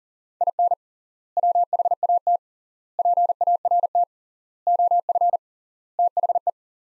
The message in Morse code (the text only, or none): IN WHAT PART OF THE